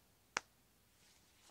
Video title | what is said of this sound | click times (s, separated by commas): No Sew Crochet Turkey Tutorial | and then push this down until it clicks | 0.4 s